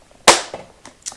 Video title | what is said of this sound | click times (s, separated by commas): Sewspire Vlog + Bins & Things Giveaway: April 6, 2018 | so this will then snap into place | 0.3 s